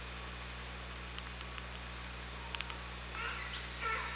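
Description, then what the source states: Orca calls, faint clicks and short ticks, then two brief harmonic squeals near the end, over steady low underwater hum. Recorded by OrcaLab hydrophone underwater on 24 August 2017 at 18:40:12.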